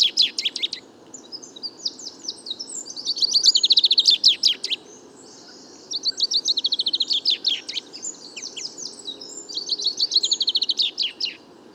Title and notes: Premier Pinson des arbres 2019. Bois de Vincennes - 16 février 2019-Nagra seven - Parabole Wiltronic mono: mon premier chant de Pinson des arbres (Fringilla coelebs) enregistré en 2019